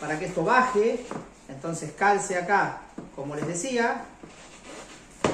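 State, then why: Seated. Someone talks while the rear of the plastic-based seat of a Honda Tornado XR 250 motorcycle is pressed down by hand so its hook engages the catch on the frame. A sharp knock is heard at 5.3 s as the seat seats, leaving it perfectly locked in place.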